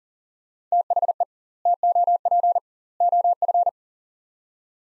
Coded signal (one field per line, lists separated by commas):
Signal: Morse code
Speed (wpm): 39 wpm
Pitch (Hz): 700 Hz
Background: none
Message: THE TOP OF